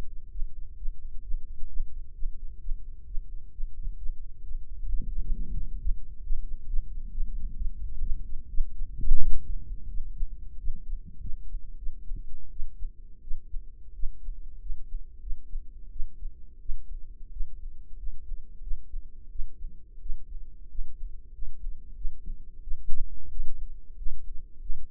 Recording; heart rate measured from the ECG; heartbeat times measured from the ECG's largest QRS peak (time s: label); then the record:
heart sounds by microphone in the right ear; 104 bpm
0.29 s: heartbeat
0.76 s: heartbeat
1.21 s: heartbeat
1.67 s: heartbeat
2.13 s: heartbeat
2.59 s: heartbeat
3.05 s: heartbeat
3.50 s: heartbeat
3.96 s: heartbeat
4.42 s: heartbeat
4.87 s: heartbeat
5.32 s: heartbeat
5.77 s: heartbeat
6.22 s: heartbeat
6.67 s: heartbeat
7.12 s: heartbeat
7.56 s: heartbeat
8.01 s: heartbeat
8.49 s: heartbeat
9.19 s: heartbeat
9.88 s: heartbeat
10.58 s: heartbeat
11.21 s: heartbeat
11.77 s: heartbeat
12.50 s: heartbeat
13.22 s: heartbeat
13.94 s: heartbeat
14.60 s: heartbeat
15.21 s: heartbeat
15.91 s: heartbeat
16.60 s: heartbeat
17.31 s: heartbeat
17.98 s: heartbeat
18.62 s: heartbeat
19.30 s: heartbeat
20.00 s: heartbeat
20.69 s: heartbeat
21.33 s: heartbeat
21.96 s: heartbeat
22.62 s: heartbeat
23.30 s: heartbeat
23.97 s: heartbeat
24.60 s: heartbeat
From the record:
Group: healthy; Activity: Valsalva maneuver 0-3 s, rest 3-25 s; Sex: female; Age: 19 years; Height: 163 cm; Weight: 51 kg